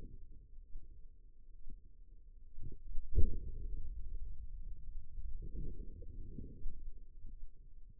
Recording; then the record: forearm muscle sounds (acoustic myography)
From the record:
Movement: pen grasping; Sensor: system 2, bracelet of six BSWA MPA416 microphones around the upper forearm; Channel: 3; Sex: female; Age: 25 years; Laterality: right